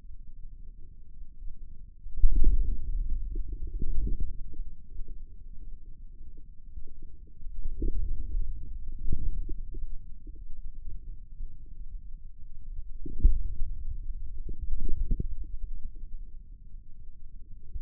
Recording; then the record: forearm muscle sounds (acoustic myography)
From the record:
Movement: inward rotation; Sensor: system 2, bracelet of six BSWA MPA416 microphones around the upper forearm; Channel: 2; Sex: male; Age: 22 years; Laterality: right